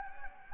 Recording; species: mosquito wingbeat signal from an infrared sensor; Anopheles gambiae